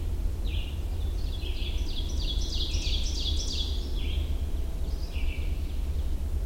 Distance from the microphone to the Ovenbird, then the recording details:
about 45 m. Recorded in boreal forest in Alberta, Canada, on 21 June 2016 at 07:22. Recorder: SongMeter 3, array SBT-6-81. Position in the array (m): 164 m, 246 m. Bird 25